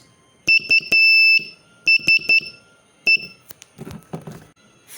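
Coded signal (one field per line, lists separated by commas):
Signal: Morse code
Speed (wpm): 11 wpm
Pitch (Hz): 2650 Hz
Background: none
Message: USE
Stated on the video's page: Beginner Morse lesson practising the letters E, I, S, H, T, M, O, A, N, U and D in short words.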